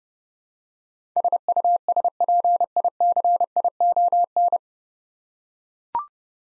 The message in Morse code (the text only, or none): SUSPICION